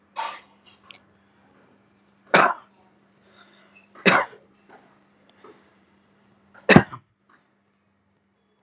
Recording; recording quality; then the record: shallow voluntary cough; moderate, slight background noise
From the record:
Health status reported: respiratory illness, not identified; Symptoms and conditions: cough, asthma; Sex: male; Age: 22 years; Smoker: yes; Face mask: not worn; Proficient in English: yes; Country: India